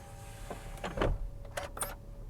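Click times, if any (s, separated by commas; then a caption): 1.6 s. In a 2023 Land Rover Range Rover LWB P400, an unlatched powered second-row folding seat is driven back with its arrow buttons, and a steady motor whine runs under several clunks and clicks. At 1.6 s its latch clicks home into the floor mount, and the seat is latched.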